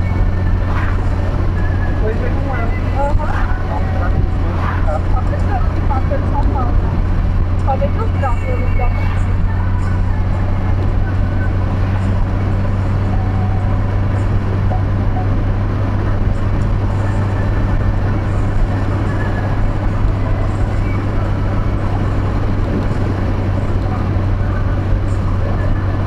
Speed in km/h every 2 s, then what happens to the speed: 103, 101, 101, 102, 106, 109, 111, 113, 114, 114, 112, 110, 109.
0-5 steady at about 101. 5-15 speeds up to 114. 15-26 steady at about 112.